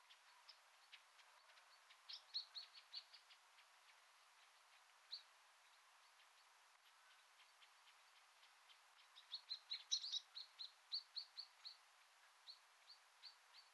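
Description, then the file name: Common blackbird calls: short, high chinking notes, scattered at first, then a faster run of clicks near the end, against a quiet background hiss. "Turdus merula"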